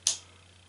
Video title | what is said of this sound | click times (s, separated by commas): Winchester Model 50 trigger group | there's a click into the first sear works again | 0.1 s